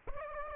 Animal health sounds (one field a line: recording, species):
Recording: mosquito wingbeat signal from an infrared sensor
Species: Aedes aegypti